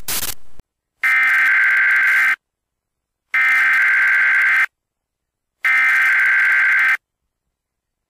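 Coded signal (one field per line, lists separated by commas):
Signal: Emergency Alert System (SAME) tones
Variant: header bursts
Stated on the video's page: Fictional EAS zombie-outbreak warning promoting a charity event.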